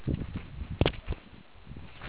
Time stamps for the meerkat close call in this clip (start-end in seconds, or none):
0.98-1.07